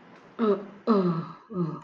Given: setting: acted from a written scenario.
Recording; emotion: vocal sound without words; sympathy